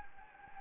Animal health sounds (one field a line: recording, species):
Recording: mosquito wingbeat signal from an infrared sensor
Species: Anopheles gambiae